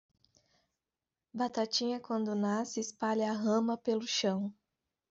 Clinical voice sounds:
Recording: short text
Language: Brazilian Portuguese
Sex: female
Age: 30 to 39 years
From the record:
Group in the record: control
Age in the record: 30 years

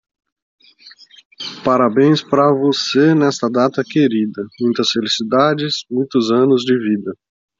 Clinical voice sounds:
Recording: short text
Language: Brazilian Portuguese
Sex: male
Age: 40 to 49 years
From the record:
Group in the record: control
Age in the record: 42 years

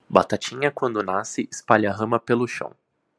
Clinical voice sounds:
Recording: short text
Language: Brazilian Portuguese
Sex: male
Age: 20 to 29 years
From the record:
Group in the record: control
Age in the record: 28 years

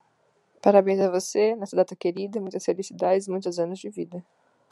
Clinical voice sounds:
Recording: short text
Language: Brazilian Portuguese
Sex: female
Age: 20 to 29 years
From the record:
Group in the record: control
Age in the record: 23 years

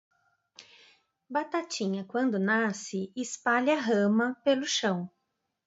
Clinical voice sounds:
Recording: short text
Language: Brazilian Portuguese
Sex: female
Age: 40 to 49 years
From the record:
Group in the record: control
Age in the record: 44 years

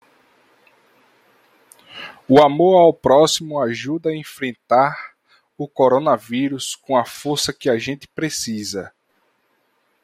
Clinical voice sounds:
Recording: spoken sentence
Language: Brazilian Portuguese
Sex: male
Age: 30 to 39 years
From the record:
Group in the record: control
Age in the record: 30 years

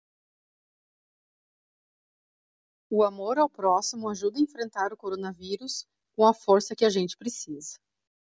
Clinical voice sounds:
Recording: spoken sentence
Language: Brazilian Portuguese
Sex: female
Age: 40 to 49 years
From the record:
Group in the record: control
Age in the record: 41 years

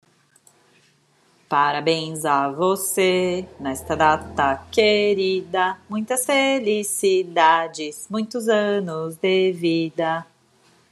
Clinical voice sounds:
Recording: short text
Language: Brazilian Portuguese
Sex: female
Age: 40 to 49 years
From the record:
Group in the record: control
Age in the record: 41 years

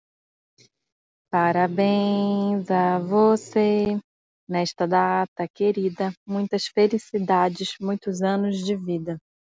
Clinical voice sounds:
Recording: short text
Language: Brazilian Portuguese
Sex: female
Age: 30 to 39 years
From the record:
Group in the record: control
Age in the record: 31 years

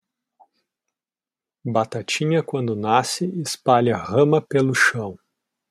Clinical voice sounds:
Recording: short text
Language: Brazilian Portuguese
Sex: male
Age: 30 to 39 years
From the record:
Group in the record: control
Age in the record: 38 years

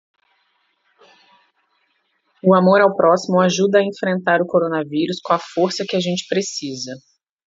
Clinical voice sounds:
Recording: spoken sentence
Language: Brazilian Portuguese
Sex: female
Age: 30 to 39 years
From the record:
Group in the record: control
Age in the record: 39 years

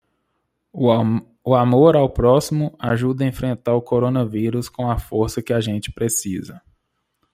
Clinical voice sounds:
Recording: spoken sentence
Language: Brazilian Portuguese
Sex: male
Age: 30 to 39 years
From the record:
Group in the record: control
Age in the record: 31 years

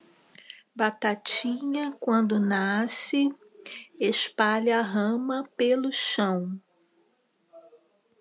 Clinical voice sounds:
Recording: short text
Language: Brazilian Portuguese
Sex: female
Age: 50 to 59 years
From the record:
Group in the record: control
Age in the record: 50 years

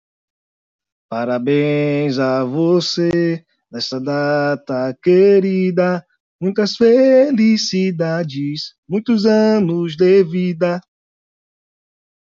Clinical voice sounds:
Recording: short text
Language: Brazilian Portuguese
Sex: male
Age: 30 to 39 years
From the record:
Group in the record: control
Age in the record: 33 years

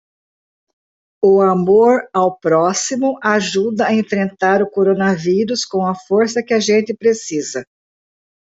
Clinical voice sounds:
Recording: spoken sentence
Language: Brazilian Portuguese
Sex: female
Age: 60 to 69 years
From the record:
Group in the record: control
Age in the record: 68 years

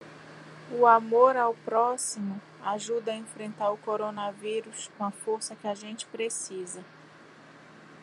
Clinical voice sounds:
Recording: spoken sentence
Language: Brazilian Portuguese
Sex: female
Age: 30 to 39 years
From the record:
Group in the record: control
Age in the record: 39 years

